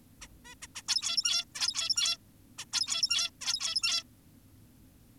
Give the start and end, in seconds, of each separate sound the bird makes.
0.22-0.28, 0.45-0.55, 0.62-0.67, 0.76-0.82, 0.88-1.45, 1.55-2.17, 2.58-2.65, 2.73-3.30, 3.41-4.04